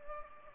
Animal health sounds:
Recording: mosquito wingbeat signal from an infrared sensor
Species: Culex pipiens

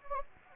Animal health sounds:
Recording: mosquito wingbeat signal from an infrared sensor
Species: Anopheles gambiae

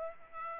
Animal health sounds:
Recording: mosquito wingbeat signal from an infrared sensor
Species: Aedes aegypti

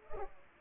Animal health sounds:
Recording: mosquito wingbeat signal from an infrared sensor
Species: Culex pipiens

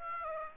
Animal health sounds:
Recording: mosquito wingbeat signal from an infrared sensor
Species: Aedes aegypti

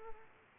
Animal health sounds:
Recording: mosquito wingbeat signal from an infrared sensor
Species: Aedes aegypti

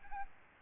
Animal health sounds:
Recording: mosquito wingbeat signal from an infrared sensor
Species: Aedes albopictus

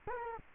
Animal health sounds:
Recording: mosquito wingbeat signal from an infrared sensor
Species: Culex quinquefasciatus

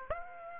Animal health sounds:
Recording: mosquito wingbeat signal from an infrared sensor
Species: Aedes aegypti

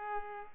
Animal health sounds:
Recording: mosquito wingbeat signal from an infrared sensor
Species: Culex pipiens

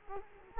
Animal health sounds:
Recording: mosquito wingbeat signal from an infrared sensor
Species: Culex quinquefasciatus

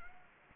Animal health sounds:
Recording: mosquito wingbeat signal from an infrared sensor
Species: Anopheles gambiae

